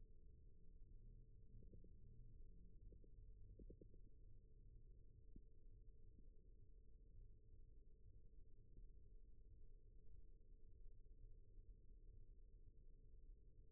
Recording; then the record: forearm muscle sounds (acoustic myography)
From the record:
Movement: rest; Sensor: system 1, eight BSWA MPA416 microphones around the upper forearm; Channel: 2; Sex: female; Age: 22 years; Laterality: right